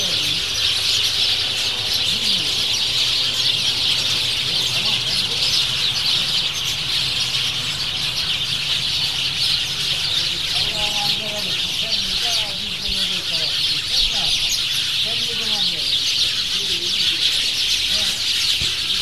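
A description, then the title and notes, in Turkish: Hundreds of sparrows chirp in a dense, unbroken chatter throughout, with a bright, hissing wash of calls and occasional clearer chirps rising midway. Serçeler ve limon ağacı. Manavgat çenger büyük serçe kurultayı. Limon ağacının arkasındaki ağaçta yüzlerce serçenin katılımıyla cikciklendi. Zoom H4n ile kaydettim.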